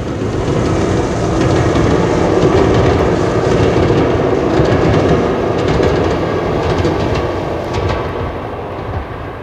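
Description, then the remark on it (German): A train rumbles across a single-arch, double-track railway bridge over the Klaftenbucht bay, a steady loud roar with the rapid clatter of wheels on rails, easing off slightly toward the end. “Wir wollen nicht vergessen, meine Herren, dass die Brücke über die Klaftenbucht die viertgrößte einbogige doppelgleisige Zweiküsten-Eisenbahnbrücke der Welt ist.”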